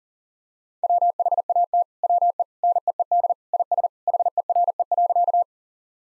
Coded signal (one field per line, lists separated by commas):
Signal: Morse code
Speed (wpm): 37 wpm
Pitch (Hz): 700 Hz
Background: none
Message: WHAT WE NEED IS HERE.